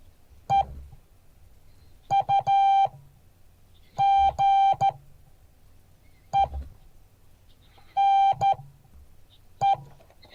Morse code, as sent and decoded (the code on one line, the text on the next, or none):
. ..- --. . -. .
EUGENE